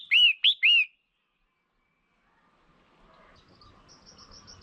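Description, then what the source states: Red-whiskered bulbul utters three quick liquid notes in the first second, followed by silence and then faint high ticking. Female.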